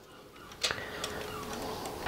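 The 3D-printed plastic ratchet wheels and spring are snapped into the printed frame of a compliant mechanism, and they click into place at 0.6 seconds with a sharp, bright snap. Lighter clicks follow at 1.0 and 2.1 seconds. The parts are seated together.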